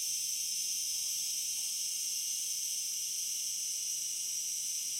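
Cicada producing a constant high hissing buzz, even and unbroken throughout.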